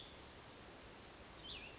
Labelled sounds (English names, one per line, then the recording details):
Cassin's Vireo
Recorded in Sonoma County, California